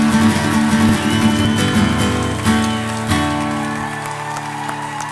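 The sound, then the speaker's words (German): A crowd at a live concert claps steadily in a dense, crackling wash of applause near the end of the evening, before the last song, while sustained musical tones hum underneath; the clapping gradually thins and softens toward the end. “Applaus für euch.”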